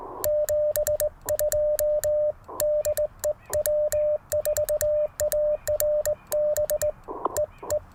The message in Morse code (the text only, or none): 72 DE W4ARB E E